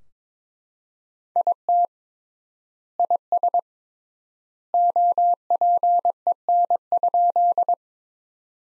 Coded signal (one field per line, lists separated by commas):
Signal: Morse code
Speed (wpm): 22 wpm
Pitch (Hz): 700 Hz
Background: none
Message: IT IS OPEN?